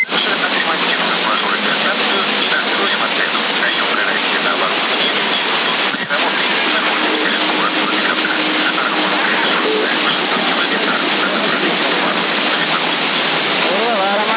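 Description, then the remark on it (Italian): Car engines being started run in a steady, loud, rushing drone that holds level throughout, with a faint low hum emerging partway through and one brief dip near the middle. “Accendendo le macchine ancora”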